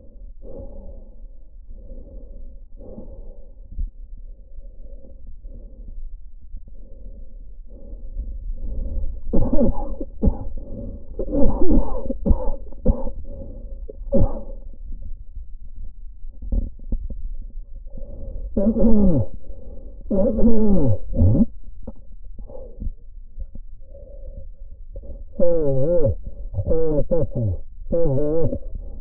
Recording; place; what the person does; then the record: lung sounds by stethoscope; trachea; quiet breathing, then cough and speech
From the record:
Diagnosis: COPD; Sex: male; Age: 75 years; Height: 182 cm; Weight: 98 kg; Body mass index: 29.6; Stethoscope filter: diaphragm mode